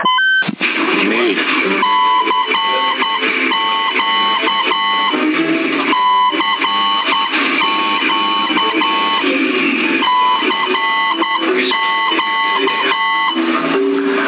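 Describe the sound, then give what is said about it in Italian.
Morse code beeps spelling CQ: a steady single-pitched tone keyed in short and long pulses, repeating in groups over a constant hissing, crackly radio-like background. “Questo è cicù.”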